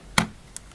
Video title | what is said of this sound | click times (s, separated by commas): Zenoah RC removable pullstart | ring should give you some resistance so you'll hear it snap when it goes in place | 0.2 s